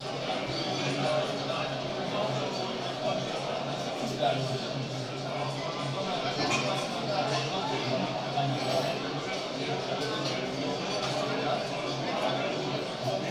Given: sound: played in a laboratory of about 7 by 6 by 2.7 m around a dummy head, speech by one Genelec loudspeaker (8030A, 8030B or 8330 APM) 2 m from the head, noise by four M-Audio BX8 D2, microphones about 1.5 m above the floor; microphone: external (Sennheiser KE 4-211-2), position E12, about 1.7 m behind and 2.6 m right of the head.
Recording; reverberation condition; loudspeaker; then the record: cafeteria noise; medium; four, about 170 cm from the corners of the room and facing them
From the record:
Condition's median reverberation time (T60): about 510 ms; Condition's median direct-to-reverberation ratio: about -0.5 dB